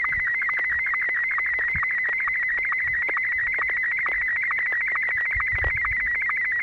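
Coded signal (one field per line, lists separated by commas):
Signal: SSTV (slow-scan television)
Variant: Martin M1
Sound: continuous warbling high tone near 2 kHz with rapid regular chirps and clicks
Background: radio static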